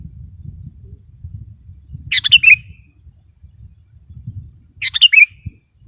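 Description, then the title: Sooty-headed bulbul song: two short bubbly, gurgling phrases about three seconds apart, over a steady high insect whine and a low rumble. "kutilang"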